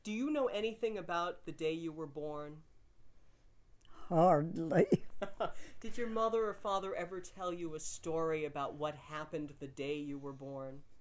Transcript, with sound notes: do you know anything about the day you were born?
Hardly.
( he laughs ) Did your mother or father ever tell you a story about what happened the day you were born?